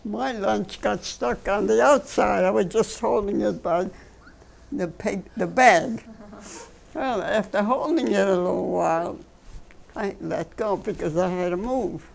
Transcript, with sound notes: My lunch got stuck on the outside. I was just holding it by the paper, the bag. ( they laugh ) Well, after holding it a little while, I let go, because I had to move,